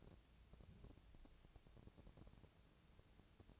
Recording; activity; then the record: daily activity, microphone in the room; take from stove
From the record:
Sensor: 2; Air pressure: 999.9 hPa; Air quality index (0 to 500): 123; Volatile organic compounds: 2 ppm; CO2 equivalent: 1062 ppm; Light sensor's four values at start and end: 36/87/38/43 and 36/87/38/43